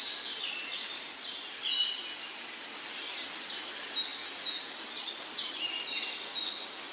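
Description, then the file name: Bird song: a run of sharp, high chirped notes repeated about twice a second, some higher, some lower, over a steady broad hiss. Trills and songs of birds in the morning. "Sons d oiseaux - Trilles et chants du matin"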